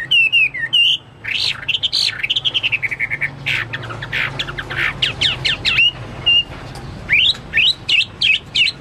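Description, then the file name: Chinese hwamei song mixing looping whistles, a fast rattling series, slurred phrases and sharp upswept notes, over a faint low hum. "omkicau hwamei"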